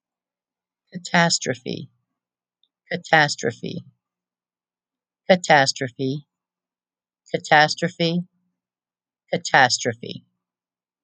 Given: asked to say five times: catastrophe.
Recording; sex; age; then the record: repeated word; female; 50 to 59 years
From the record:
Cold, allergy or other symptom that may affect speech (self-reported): no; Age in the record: 59 years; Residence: Oklahoma, United States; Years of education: 12